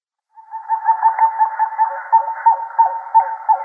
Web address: Schulze Peter Pied-billed Grebe